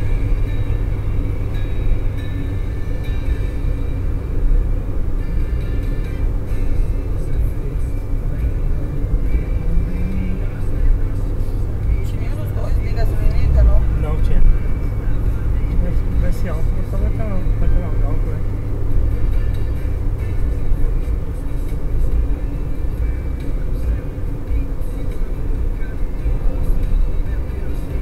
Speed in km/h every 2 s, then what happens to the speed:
99, 97, 98, 97, 99, 102, 105, 105, 102, 98, 93, 92, 91, 90.
0-7 steady at about 97. 7-14 speeds up to 105. 14-20 slows to 93. 20-28 steady at about 91.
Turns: none.